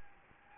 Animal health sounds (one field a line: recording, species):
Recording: mosquito wingbeat signal from an infrared sensor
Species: Anopheles gambiae